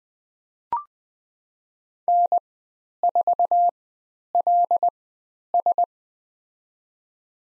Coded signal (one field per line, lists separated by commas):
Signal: Morse code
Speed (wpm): 20 wpm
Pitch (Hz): 700 Hz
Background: none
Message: N4LS